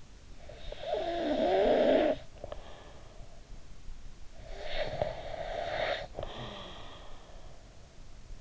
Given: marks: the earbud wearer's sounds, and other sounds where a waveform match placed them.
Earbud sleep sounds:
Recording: sounds in sleep by an in-ear microphone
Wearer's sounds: snoring breath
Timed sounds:
0.00-3.17 s: snoring breath
4.11-7.66 s: snoring breath

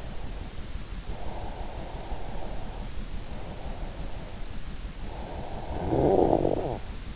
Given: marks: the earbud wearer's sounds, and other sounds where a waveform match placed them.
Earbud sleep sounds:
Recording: sounds in sleep by an in-ear microphone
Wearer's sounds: breath, snoring breath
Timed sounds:
0.72-4.27 s: breath
5.13-6.95 s: snoring breath

